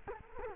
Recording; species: mosquito wingbeat signal from an infrared sensor; Culex quinquefasciatus